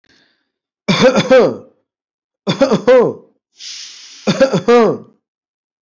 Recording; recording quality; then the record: heavy voluntary cough; excellent, no background noise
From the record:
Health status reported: healthy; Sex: male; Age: 40 years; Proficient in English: yes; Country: India